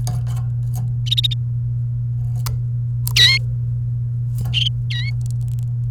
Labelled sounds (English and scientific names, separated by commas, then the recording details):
Domestic Canary (Serinus canaria) song
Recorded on 28 April 2018 at 11:49
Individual llb3